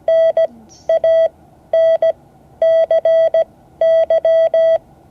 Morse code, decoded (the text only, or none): NANCY